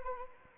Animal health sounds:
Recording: mosquito wingbeat signal from an infrared sensor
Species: Anopheles arabiensis

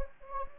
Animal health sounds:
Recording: mosquito wingbeat signal from an infrared sensor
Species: Anopheles gambiae

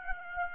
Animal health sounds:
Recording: mosquito wingbeat signal from an infrared sensor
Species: Aedes aegypti

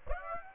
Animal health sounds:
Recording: mosquito wingbeat signal from an infrared sensor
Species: Aedes aegypti

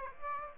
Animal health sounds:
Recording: mosquito wingbeat signal from an infrared sensor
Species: Aedes aegypti

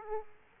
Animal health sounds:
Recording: mosquito wingbeat signal from an infrared sensor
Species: Aedes aegypti

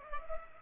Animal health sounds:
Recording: mosquito wingbeat signal from an infrared sensor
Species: Culex pipiens

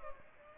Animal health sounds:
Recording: mosquito wingbeat signal from an infrared sensor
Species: Culex pipiens

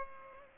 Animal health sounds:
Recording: mosquito wingbeat signal from an infrared sensor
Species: Culex pipiens

